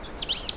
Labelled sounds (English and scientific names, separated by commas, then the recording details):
Stitchbird (Notiomystis cincta) song
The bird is a male
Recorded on Tiritiri Matangi Island, New Zealand, in 2005
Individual 1, of nest box 1